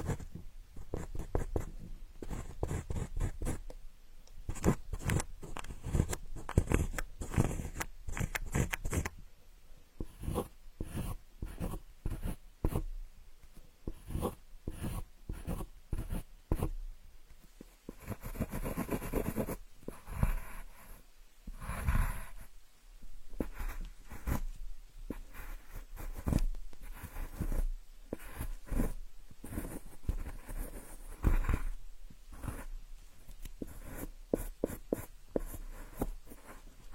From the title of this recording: Drawing planets on the blackboard, paper and pen drawing board